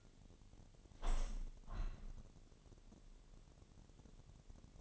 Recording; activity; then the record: daily activity, microphone in the room; open window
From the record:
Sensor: 4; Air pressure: 1007.2 hPa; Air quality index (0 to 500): 182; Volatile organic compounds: 5 ppm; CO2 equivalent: 1808 ppm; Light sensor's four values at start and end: 23/73/28/27 and 23/73/28/27